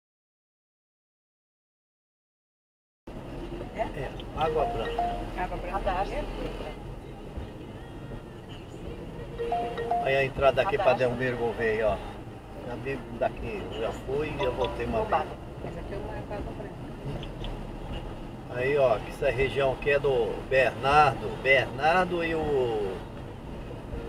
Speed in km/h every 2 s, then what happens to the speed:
54, 48, 41, 38, 38, 41, 46, 48, 48, 49, 52, 55.
0-7 slows to 38. 7-24 speeds up to 55.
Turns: none.